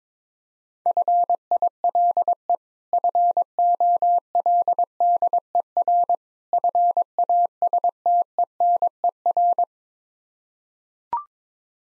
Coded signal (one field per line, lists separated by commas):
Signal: Morse code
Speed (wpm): 22 wpm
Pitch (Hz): 700 Hz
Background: none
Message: FILE FOLDER FASTENER